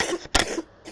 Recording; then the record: coughing mixed with background sound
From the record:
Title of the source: 61 morning phlegmy cough...again